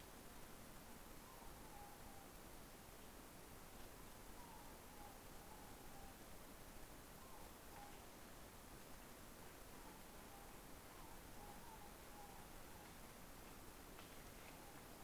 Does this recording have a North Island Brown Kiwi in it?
no